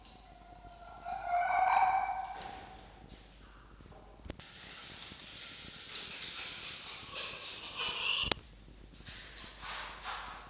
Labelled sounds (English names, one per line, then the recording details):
Red Fox
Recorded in captivity
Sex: female
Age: adult
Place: Zoologisches Institut der HUB, Berlin, DE
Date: 1952-04-07 18:30
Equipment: Elmetra
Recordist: Tembrock, Günter